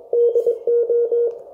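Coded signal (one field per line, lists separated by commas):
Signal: Morse code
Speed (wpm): 21 wpm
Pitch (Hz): 470 Hz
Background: none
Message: DO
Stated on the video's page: CW QSO using an Elecraft K1 at 5 W QRP.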